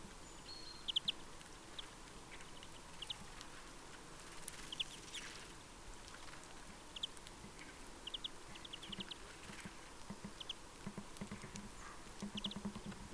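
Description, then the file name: European greenfinch calls: short clipped notes in quick bursts of two to four, repeated irregularly over a steady low background hiss. "Chloris chloris"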